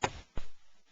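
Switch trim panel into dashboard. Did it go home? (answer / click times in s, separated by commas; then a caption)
yes / 0.0 s. The plastic switch trim panel holding the new A-TRAC switch on an FJ Cruiser is pushed back into its dashboard opening. It gives a sharp snap at 0.0 s and a second, softer knock around 0.4 s. The panel is seated in the dash.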